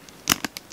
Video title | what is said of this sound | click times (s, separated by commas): Luxury Haul 2023- Fendi First Medium Bag Review- Loewe & Fendi Sunglasses- Fendigraphy Bag & More | clicks right in and this is it with the straps | 0.3 s